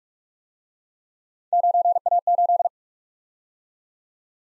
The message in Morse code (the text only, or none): 9A8